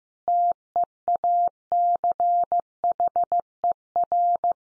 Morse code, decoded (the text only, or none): TEACHER